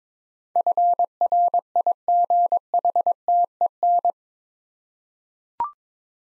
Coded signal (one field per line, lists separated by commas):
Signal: Morse code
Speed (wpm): 22 wpm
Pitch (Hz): 700 Hz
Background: none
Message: FRIGHTEN